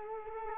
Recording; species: mosquito wingbeat signal from an infrared sensor; Culex quinquefasciatus